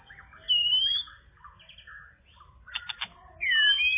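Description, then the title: Java sparrow song mixing thin, drawn-out whistles with softer warbling and a brief burst of clicking notes, ending on a bright, rising whistle. "kicau gelatik"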